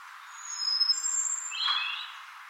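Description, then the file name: European robin giving thin, very high drawn-out notes, followed by a lower, quick warbled phrase near the end, over steady background hiss. "Erithacus rubecula"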